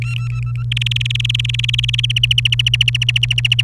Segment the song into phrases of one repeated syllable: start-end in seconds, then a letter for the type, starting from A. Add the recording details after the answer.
0.02-0.63 A, 0.72-2.12 B, 2.16-3.62 C. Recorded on 30 April 2018 at 05:45. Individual llb3